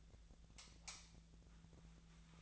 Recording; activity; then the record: daily activity, microphone in the room; light off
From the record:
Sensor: 3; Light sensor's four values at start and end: 44/116/49/50 and 37/93/40/43